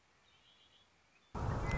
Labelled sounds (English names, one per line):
Red-winged Blackbird